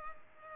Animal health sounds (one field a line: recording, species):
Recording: mosquito wingbeat signal from an infrared sensor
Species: Culex pipiens